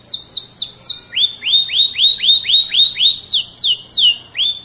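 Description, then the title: Canary singing a steady series of sweeping whistled notes, about four each second, shifting from falling slurs to rising swoops and back. Champion singer. "Kicau Burung Kenari Juara"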